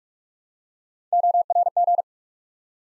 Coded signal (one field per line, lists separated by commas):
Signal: Morse code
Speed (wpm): 47 wpm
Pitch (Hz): 700 Hz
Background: none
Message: ORG